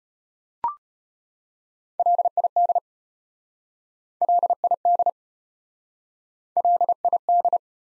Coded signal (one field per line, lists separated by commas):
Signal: Morse code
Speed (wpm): 33 wpm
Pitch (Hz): 700 Hz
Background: none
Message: LID LID LID